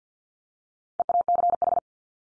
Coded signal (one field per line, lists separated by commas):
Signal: Morse code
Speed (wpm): 50 wpm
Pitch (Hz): 700 Hz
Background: none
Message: EACH